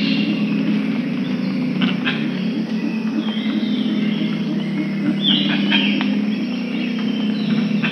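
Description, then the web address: Pale-winged Trumpeter giving deep, humming low notes in a steady pulsing series beneath a busy rainforest chorus of whistling birds and insects. Peru. "Birds of the Amazon. Pale-winged Trumpeter (Psophia leucoptera), Peru"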